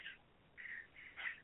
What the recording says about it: I don't have a seal in my house, by the way. My dog's coughing.